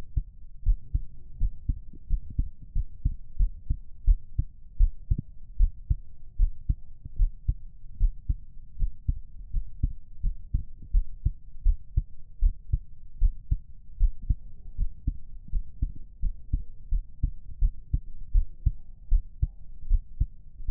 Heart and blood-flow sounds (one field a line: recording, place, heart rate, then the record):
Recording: heart sounds by stethoscope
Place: pulmonary valve (PV)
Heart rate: 83 bpm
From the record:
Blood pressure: 128/74 mmHg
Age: 29 years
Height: 163 cm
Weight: 55 kg